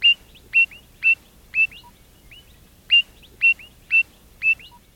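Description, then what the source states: Mozart frog calls: crisp whistled chirps repeated about twice a second, each a sharp note followed by a softer curved note, over a quiet background. Frog from Haiti, named because its call recordings, when plotted, resembled the musical notes of a Mozart score.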